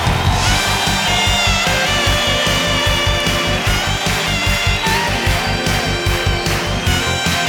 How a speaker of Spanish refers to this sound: más fuerte el aplauso al Señor.